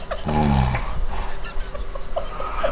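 A deep, rattling snore opens, followed by quieter breathing. About two and a half seconds in comes another loud, voiced snore with a groaning, moan-like tone. These are loud snoring and sleep moaning from an adult man asleep on a pull-out couch, with a field microphone held near his head.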